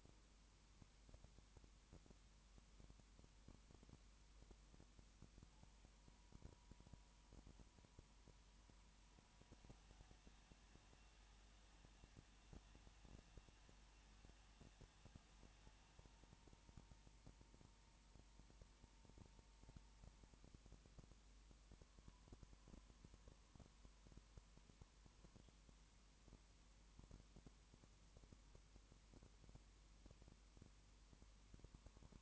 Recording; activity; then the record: daily activity, microphone in the room; no activity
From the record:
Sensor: 1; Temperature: 19.7 degrees Celsius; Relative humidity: 40.5%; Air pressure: 1010.7 hPa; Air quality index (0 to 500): 209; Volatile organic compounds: 56 ppm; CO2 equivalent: 3375 ppm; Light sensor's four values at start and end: 1/2/1/1 and 1/2/1/1